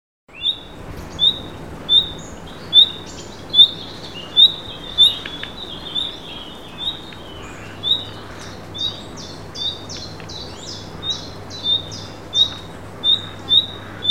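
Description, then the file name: Common nightingale song: high whistled notes repeated in a series, then a run of harsher, more complex notes, over a faint low hum. "Luscinia megarhynchos"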